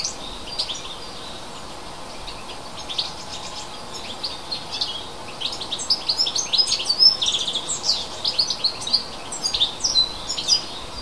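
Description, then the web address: Bird twittering: high, quick chirps that start sparse and grow busier in the second half, over a steady faint hiss. Native bird at a hedge in February. "oeko hecke vogel februar vogel f 5 heimisch"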